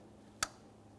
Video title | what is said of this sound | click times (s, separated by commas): How to Replace Ignition Coil Boots 2008-2017 Mitsubishi Lancer 2.4L L4 | After an audible click, a light tug. | 0.4 s